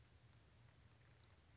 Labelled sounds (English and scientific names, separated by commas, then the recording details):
Western Flycatcher (Empidonax difficilis)
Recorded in Sonoma County, California